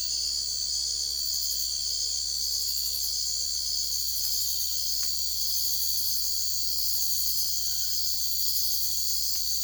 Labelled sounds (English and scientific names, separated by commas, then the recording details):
none
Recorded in secondary vegetation near Puerto Asís, Putumayo, Colombia, on 21 December 2024 at 02:00
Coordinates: 0.488, -76.319
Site GP04